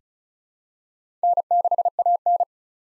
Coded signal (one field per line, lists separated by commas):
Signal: Morse code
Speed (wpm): 36 wpm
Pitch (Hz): 700 Hz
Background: none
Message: N6AN